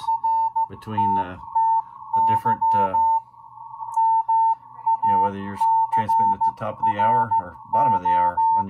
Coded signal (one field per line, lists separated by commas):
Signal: Morse code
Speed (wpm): 15 wpm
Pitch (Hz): 900 Hz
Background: speech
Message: RTTY MACRO